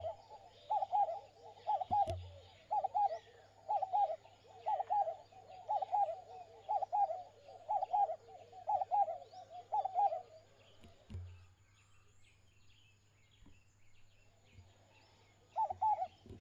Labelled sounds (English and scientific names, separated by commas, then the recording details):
Vinaceous Dove (Streptopelia vinacea)
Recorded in northern Uganda